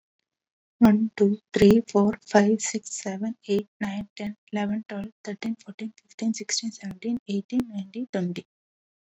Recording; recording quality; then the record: counting at a fast pace; excellent, no background noise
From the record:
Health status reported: COVID-19 positive, no symptoms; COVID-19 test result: positive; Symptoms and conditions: none ticked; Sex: female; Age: 31 years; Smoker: not ticked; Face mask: not worn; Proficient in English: yes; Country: India